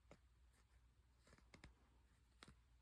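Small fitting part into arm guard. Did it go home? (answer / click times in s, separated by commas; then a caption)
no / none. A small fitting part is worked by hand into its hole or socket on a handmade arm guard spark shield piece. Soft handling and rubbing sounds are heard, with sharp short ticks near 1.6 s and 2.4 s. Nothing has seated or clicked into place yet by the end of the clip.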